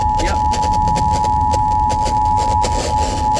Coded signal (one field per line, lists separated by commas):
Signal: Emergency Alert System (SAME) tones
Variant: 853 and 960 Hz attention tone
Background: speech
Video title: severe weather EAS compilation EAS alerts from #4045 - #4081